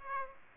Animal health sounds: mosquito wingbeat signal from an infrared sensor; Aedes aegypti

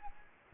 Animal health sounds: mosquito wingbeat signal from an infrared sensor; Anopheles gambiae

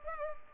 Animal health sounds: mosquito wingbeat signal from an infrared sensor; Culex pipiens

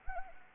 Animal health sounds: mosquito wingbeat signal from an infrared sensor; Anopheles arabiensis

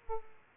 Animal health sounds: mosquito wingbeat signal from an infrared sensor; Aedes aegypti

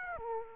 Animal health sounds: mosquito wingbeat signal from an infrared sensor; Aedes aegypti

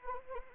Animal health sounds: mosquito wingbeat signal from an infrared sensor; Anopheles arabiensis

